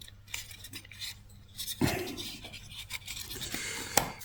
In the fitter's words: Tac, ça s'emboîte.